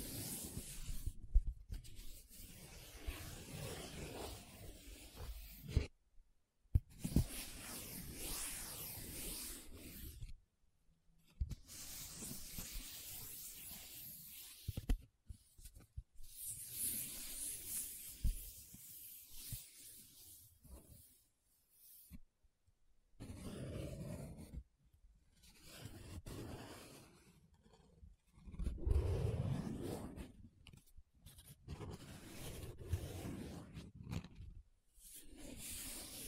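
Paper being scratched and rubbed in bursts of dense, bright friction, broken by short silences near 6, 11, 22 and 24 seconds.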